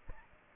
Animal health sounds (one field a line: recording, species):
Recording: mosquito wingbeat signal from an infrared sensor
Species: Aedes aegypti